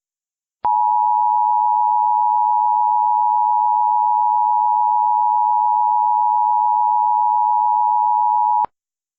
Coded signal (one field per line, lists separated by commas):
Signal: Emergency Alert System (SAME) tones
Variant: 853 and 960 Hz attention tone